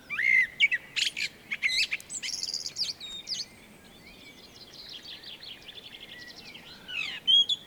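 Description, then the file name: Eurasian blackbird giving a brief whistled note and then a long run of high, scratchy twittering and rapid chattering trills. "Turdus merula"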